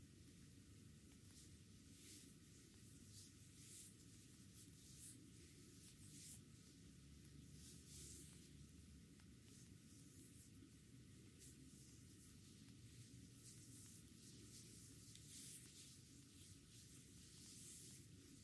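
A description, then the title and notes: An Egyptian technique massage, heard as a constant soft hiss over a steady low rumble. Brighter rubbing or brushing strokes surge up every second or so, uneven in strength, with faint ticks scattered between them, and the overall level stays flat throughout. Egyptian technique massage. ASMR no talking.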